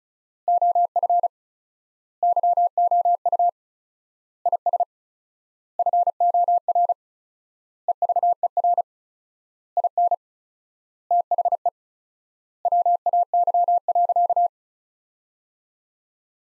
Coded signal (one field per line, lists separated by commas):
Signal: Morse code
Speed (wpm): 36 wpm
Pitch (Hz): 700 Hz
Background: none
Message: OF YOU IS FOR EVER IN THE WAY.